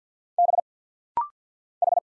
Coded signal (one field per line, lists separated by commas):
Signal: Morse code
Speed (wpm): 51 wpm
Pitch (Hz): 700 Hz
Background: none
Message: B H